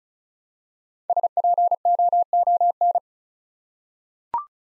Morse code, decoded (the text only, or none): SPOON